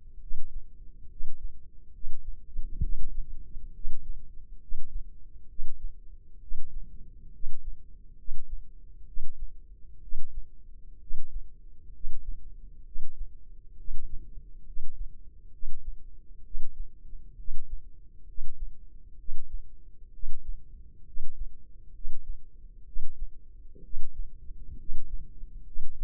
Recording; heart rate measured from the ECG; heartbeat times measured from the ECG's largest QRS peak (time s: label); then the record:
heart sounds by microphone in the left ear; 66 bpm
0.20 s: heartbeat
1.10 s: heartbeat
1.93 s: heartbeat
2.82 s: heartbeat
3.74 s: heartbeat
4.61 s: heartbeat
5.49 s: heartbeat
6.41 s: heartbeat
7.33 s: heartbeat
8.17 s: heartbeat
9.06 s: heartbeat
10.02 s: heartbeat
11.00 s: heartbeat
11.93 s: heartbeat
12.85 s: heartbeat
13.77 s: heartbeat
14.66 s: heartbeat
15.52 s: heartbeat
16.44 s: heartbeat
17.37 s: heartbeat
18.27 s: heartbeat
19.18 s: heartbeat
20.13 s: heartbeat
21.06 s: heartbeat
21.94 s: heartbeat
22.86 s: heartbeat
23.83 s: heartbeat
24.78 s: heartbeat
25.65 s: heartbeat
From the record:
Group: healthy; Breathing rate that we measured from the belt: 18 breaths a minute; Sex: male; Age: 30 years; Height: 188 cm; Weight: 110.2 kg